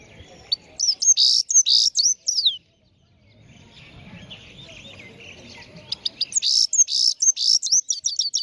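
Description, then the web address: Chegolín song: bright, high twittering phrases with sharp slurred notes, a quiet pause midway with faint low rumble, then rapid repeated chips and trills. Morning song, on the roof of a house. "el canto matutino del chegolin en el tejado de casa"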